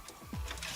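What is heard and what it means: A metal I/O shield is handled and pressed toward the rear opening of a PC case, with music playing underneath. A short tap is heard at 0.1 s, then a louder burst of broadband handling noise from about 0.3 s to the end. Nothing has seated or snapped in place yet.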